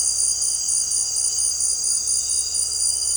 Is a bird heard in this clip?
no